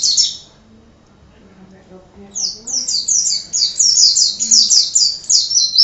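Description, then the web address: White-eye with a brief high twitter, a pause of near silence, then a long rapid rolling series of thin, bright notes that rise and fall. Ngerol song style; masteran (tutor) recording for training white-eyes. "pleci ngerol. masteran pleci"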